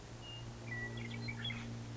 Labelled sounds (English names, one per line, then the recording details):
Western Meadowlark
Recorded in Sonoma County, California